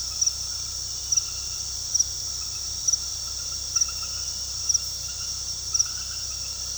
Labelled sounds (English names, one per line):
none